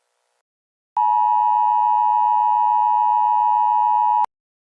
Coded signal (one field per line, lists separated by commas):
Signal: Emergency Alert System (SAME) tones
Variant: 853 and 960 Hz attention tone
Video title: EAS Emergency system (FURRY OFFICIAL)